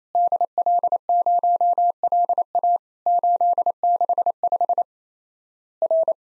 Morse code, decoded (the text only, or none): DL0LA 865 R